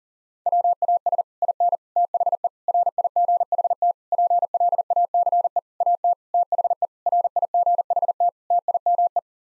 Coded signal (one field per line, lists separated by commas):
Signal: Morse code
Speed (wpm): 40 wpm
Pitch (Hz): 700 Hz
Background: none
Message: WAS IN THE RIGHT PLACE AT THE RIGHT TIME